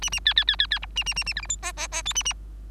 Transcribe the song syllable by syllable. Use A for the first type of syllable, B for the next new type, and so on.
A A B B B B B C A A A A D E F G G G H A A